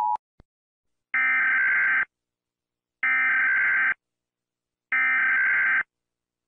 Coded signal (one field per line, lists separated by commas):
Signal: Emergency Alert System (SAME) tones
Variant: header bursts